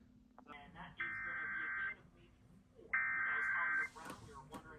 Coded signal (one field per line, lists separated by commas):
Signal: Emergency Alert System (SAME) tones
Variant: header bursts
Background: speech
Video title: (EAS #2,583 - #2,607) THE EAS SUNDAY TICKET - EAS Alerts from 9/14/25